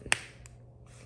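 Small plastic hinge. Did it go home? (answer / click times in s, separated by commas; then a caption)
yes / 0.1 s. The flat body of a black Microsoft Arc Mouse, a folding wireless mouse, is bent up into its arched shape to switch it on. Its plastic hinge locks with one sharp snap at 0.1 s, followed by a fainter tick at 0.5 s and a soft hiss near the end. The mouse is seated in its locked, arched on position.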